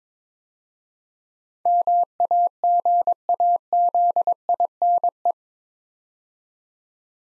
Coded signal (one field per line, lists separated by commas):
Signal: Morse code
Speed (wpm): 22 wpm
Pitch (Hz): 700 Hz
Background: none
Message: MAGAZINE